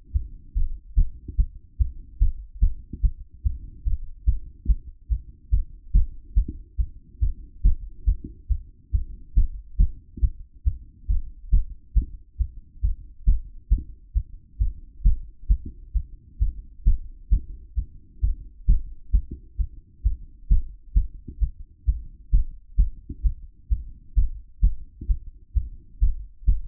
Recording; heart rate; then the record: heart sounds by stethoscope; 138 bpm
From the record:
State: after exercise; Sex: male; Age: 28 years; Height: 182 cm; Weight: 70 kg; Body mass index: 21.13